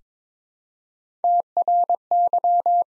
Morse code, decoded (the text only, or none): TRY